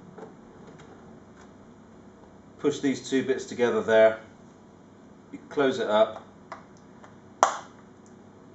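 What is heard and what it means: Someone talks while pushing two parts together and closing the cap onto a used waste toner tank from a 2550ci, with soft handling noises in between. At 7.4 s the cap snaps closed onto the tank with a loud, sharp plastic snap, seating it.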